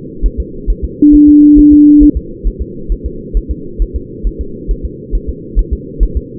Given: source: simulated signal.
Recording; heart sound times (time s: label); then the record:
fetal heart sounds
0.26 s: S1
0.40 s: S2
0.70 s: S1
0.84 s: S2
1.15 s: S1
1.29 s: S2
1.59 s: S1
1.73 s: S2
2.03 s: S1
2.17 s: S2
2.47 s: S1
2.62 s: S2
2.92 s: S1
3.06 s: S2
3.37 s: S1
3.51 s: S2
3.82 s: S1
3.96 s: S2
4.27 s: S1
4.41 s: S2
4.71 s: S1
4.85 s: S2
5.15 s: S1
5.29 s: S2
5.59 s: S1
5.73 s: S2
6.03 s: S1
6.17 s: S2
From the record:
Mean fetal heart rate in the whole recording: 135 bpm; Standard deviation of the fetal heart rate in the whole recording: 3 bpm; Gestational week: 36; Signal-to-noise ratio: -4.3 dB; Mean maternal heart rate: 72 bpm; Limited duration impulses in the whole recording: present